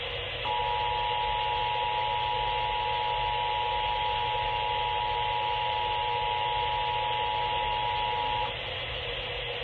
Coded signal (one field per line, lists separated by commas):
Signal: Emergency Alert System (SAME) tones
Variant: 853 and 960 Hz attention tone